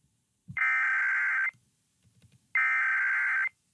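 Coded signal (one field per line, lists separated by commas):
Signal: Emergency Alert System (SAME) tones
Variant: header bursts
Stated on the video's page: Sirens from fan-made EAS scenario videos, which may contain valid EAS tones.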